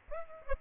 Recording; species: mosquito wingbeat signal from an infrared sensor; Aedes aegypti